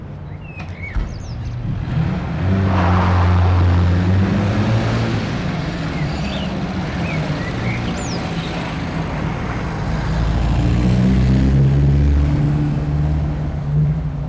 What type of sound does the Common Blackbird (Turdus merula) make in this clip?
song